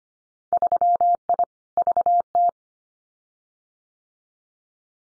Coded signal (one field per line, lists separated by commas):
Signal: Morse code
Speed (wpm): 25 wpm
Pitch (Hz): 700 Hz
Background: none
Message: 3I VT